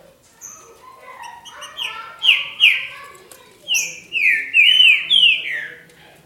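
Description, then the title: Green-winged saltator song begins soft and low, then rises into loud, sharply falling whistled notes given in two bursts. "Trinca Ferro"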